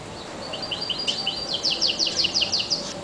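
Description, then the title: Double-collared seedeater singing a fast series of high down-slurred chips over a light hiss. "Canto Coleiro"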